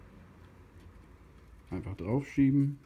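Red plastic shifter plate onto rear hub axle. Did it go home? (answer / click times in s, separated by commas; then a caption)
no / none. Someone talks while a red plastic shifter plate is held and lined up on the rear hub axle of a Gazelle Dutch bike with a Sachs Spectro P5 hub gear, before it is pushed on. Only quiet low background noise and the voice are heard. The plate has not clicked into place yet.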